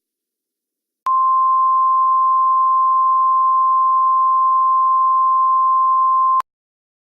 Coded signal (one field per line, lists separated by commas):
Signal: Emergency Alert System (SAME) tones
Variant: 1050 Hz attention tone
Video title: EAS Scenario: True Origin